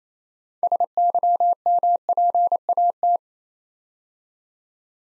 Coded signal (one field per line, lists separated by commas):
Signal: Morse code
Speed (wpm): 29 wpm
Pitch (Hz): 700 Hz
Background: none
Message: SYMPAT